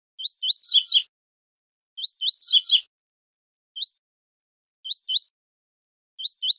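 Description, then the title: Double-collared seedeater singing: short upslurred whistles, mostly in pairs, some leading into a rich buzzy trill, with pauses of about a second between phrases. Tui-tui style song used as a tutor recording for teaching young birds. "COLEIRO TUI TUI FIBRA"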